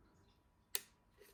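The selector lever on an ITP full-auto fire control unit in a Tokyo Marui Saiga 12K airsoft shotgun is moved down into its full-auto detent. A single sharp, bright click sounds at 0.8 s and quickly fades, with a faint softer sound near 1.2 s. The selector is seated in the full-auto position, engaging full auto.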